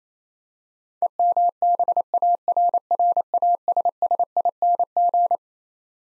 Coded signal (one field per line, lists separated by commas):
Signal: Morse code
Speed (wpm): 28 wpm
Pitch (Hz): 700 Hz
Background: none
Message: EMBARRASSING